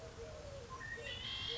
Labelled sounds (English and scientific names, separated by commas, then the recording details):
Eurasian Collared Dove (Streptopelia decaocto)
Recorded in Sonoma County, California